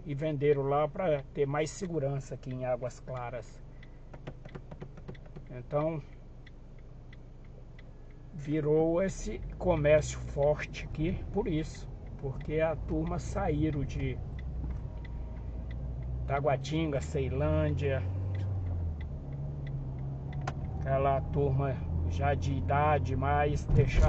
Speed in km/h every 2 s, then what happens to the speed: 0, 0, 0, 0, 4, 11, 14, 14, 21, 27, 35, 37.
0-7 standing. 7-24 pulls away to 37.